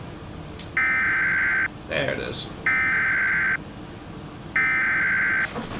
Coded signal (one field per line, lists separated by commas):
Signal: Emergency Alert System (SAME) tones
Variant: header bursts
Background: speech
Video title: Nitro and Bon react to: EF6 (EAS Scenario)